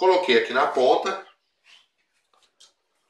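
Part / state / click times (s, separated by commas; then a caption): 3/4 PVC connector onto 3/4 PVC pipe end / not seated / none. A 3/4 PVC connector, bought because a half-inch pipe wobbled inside the 3/4 pipe, is placed onto the end of a 3/4 PVC pipe and lined up before being knocked home, and it is said to fit just right. Someone talks for the first 1.3 seconds, then faint, soft handling taps follow near 1.7, 2.3, 2.4, 2.6 and 3.2 seconds. Nothing has seated or clicked yet.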